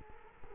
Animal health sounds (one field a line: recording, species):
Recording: mosquito wingbeat signal from an infrared sensor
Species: Culex quinquefasciatus